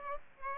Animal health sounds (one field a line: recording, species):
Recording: mosquito wingbeat signal from an infrared sensor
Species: Aedes aegypti